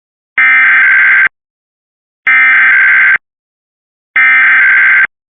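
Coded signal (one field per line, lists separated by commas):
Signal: Emergency Alert System (SAME) tones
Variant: header bursts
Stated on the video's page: Statewide required monthly test relayed via IPAWS CAP on a Cox cable system.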